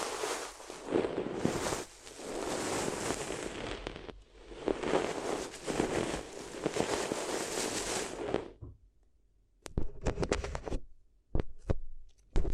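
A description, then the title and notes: Paper crinkles and rustles in dense, crackling bursts for about eight seconds, then falls quiet before a few short, sharp crumples near the end. ASMR If You Had Paper Ears (No Talking).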